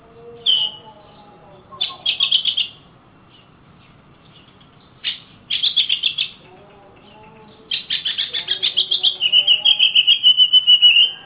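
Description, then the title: Oriental magpie-robin singing in several bursts of rapid, repeated chattering notes, the last burst the longest. Champion singing kacer birds from Kalimantan and Sumatra; the song is called a master song; the birds are described as gacor, singing actively. "Kicau Kacer Juara Master Kalimantan Sumatra Gacor"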